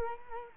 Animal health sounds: mosquito wingbeat signal from an infrared sensor; Culex quinquefasciatus

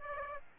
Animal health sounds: mosquito wingbeat signal from an infrared sensor; Aedes aegypti

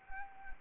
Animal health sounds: mosquito wingbeat signal from an infrared sensor; Anopheles arabiensis

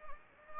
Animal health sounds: mosquito wingbeat signal from an infrared sensor; Anopheles gambiae

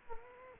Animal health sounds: mosquito wingbeat signal from an infrared sensor; Aedes aegypti

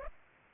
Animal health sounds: mosquito wingbeat signal from an infrared sensor; Aedes aegypti

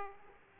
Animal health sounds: mosquito wingbeat signal from an infrared sensor; Aedes aegypti

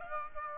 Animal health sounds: mosquito wingbeat signal from an infrared sensor; Aedes aegypti

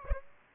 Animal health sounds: mosquito wingbeat signal from an infrared sensor; Aedes aegypti

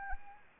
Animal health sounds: mosquito wingbeat signal from an infrared sensor; Anopheles arabiensis

